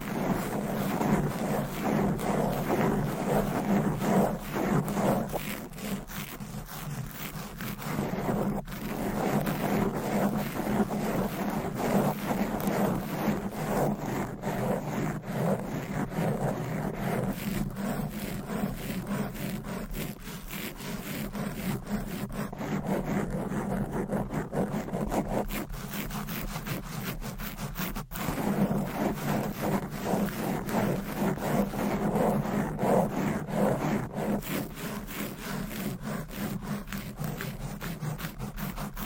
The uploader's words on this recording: ASMR Fast & Aggressive Tapping & Scratching with Different Mics Items & Nails No Talking.